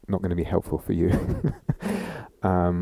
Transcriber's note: laughs